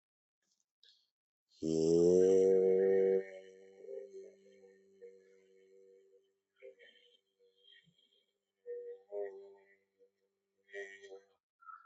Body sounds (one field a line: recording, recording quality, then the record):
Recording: sustained vowel as in made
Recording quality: excellent, no background noise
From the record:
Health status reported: healthy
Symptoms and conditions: none ticked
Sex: male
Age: 42 years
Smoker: not ticked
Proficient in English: yes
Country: India